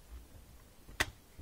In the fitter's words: There we go. Hear a pretty loud click.